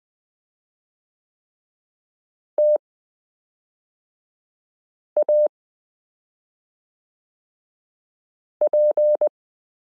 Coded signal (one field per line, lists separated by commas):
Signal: Morse code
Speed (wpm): 20 wpm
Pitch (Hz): 600 Hz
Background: none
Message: TAP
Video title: Morse Code Listening Lesson 9 - m k r s u a p t l o